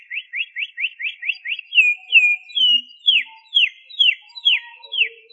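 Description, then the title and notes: Canary song: a rapid series of upswept notes gives way to slower, louder descending whistles about twice per second, with faint chirps behind. "Suara Burung Kenari"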